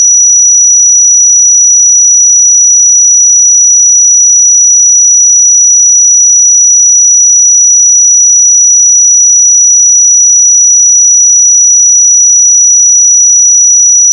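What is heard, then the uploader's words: A pure sine tone at 5866 Hz holds perfectly steady for the full fourteen seconds, high and thin, with no change in pitch or loudness. Nothing else sounds behind it; the tone simply cuts off at the end. 5866 Hz 1 Hz Interval Sine Pure Tone Frequency 441000 Sample Mono.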